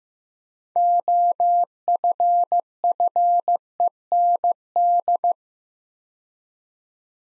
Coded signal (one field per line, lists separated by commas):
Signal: Morse code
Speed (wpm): 15 wpm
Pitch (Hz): 700 Hz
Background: none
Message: OFFEND